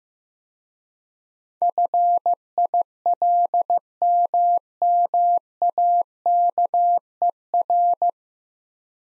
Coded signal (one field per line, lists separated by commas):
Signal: Morse code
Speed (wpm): 15 wpm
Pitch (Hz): 700 Hz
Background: none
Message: FILMMAKER